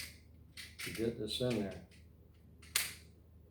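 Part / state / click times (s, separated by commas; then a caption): magazine into PCP air rifle receiver / seated / 2.8 s. Someone talks as a side-loading magazine is slid into the receiver of an AEA HP SS semi-auto .25 caliber PCP air rifle with the bolt pulled fully back. A brief rustle comes just before a single sharp click at 2.8 s as the magazine goes home. The magazine is confirmed seated.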